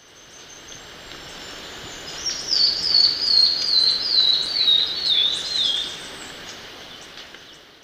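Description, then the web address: Black-billed peppershrike song: a high, fast warbled phrase of looping notes lasting about three seconds over a steady hiss of background noise. Recorded in Ecuador. "Natures Songs S America Birds of Ecuador Black-billed Peppershrike"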